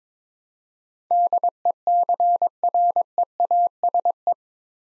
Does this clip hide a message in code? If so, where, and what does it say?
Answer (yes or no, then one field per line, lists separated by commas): yes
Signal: Morse code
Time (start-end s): 1.1-4.3 s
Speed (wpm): 22 wpm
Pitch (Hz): 700 Hz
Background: none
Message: DECREASE